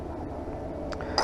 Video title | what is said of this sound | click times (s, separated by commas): Steven's Oliver Peoples 5004 Riley R with Rx Crizal Alize Lenses | Tuck it into the outside corner, press down at the nose, and it snaps right in. | 1.2 s